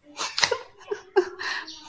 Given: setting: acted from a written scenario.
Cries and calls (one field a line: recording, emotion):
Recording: vocal sound without words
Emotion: sadness